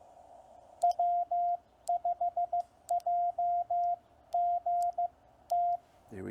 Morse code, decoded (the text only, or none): W5JGT